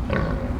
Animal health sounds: contact call of a hoofed animal; wild boar; grunt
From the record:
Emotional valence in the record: positive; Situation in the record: naturally occurring affiliative interactions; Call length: 0.60 s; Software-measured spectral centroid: 1320 Hz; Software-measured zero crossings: 730 a second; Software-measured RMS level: -24 dBFS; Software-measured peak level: -7 dBFS

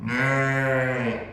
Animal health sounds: contact call of a hoofed animal; sheep; low-frequency (closed-mouth) or high-frequency (open-mouth) call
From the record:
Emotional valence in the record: negative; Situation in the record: short social isolation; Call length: 1.34 s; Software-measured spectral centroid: 1730 Hz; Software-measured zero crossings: 1870 a second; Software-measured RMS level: -24 dBFS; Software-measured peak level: -10 dBFS

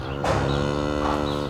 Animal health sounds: contact call of a hoofed animal; cattle; low-frequency (closed-mouth) or high-frequency (open-mouth) call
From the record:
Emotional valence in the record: negative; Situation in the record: physical separation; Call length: 1.50 s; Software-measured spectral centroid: 1830 Hz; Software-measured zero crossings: 1770 a second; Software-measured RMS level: -24 dBFS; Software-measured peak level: -10 dBFS

